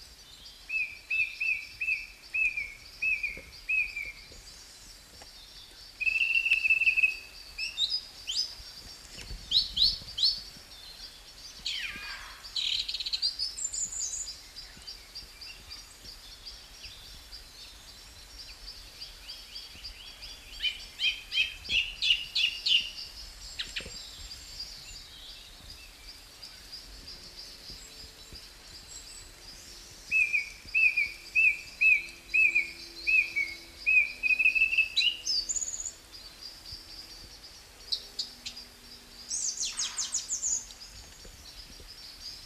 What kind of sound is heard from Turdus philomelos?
song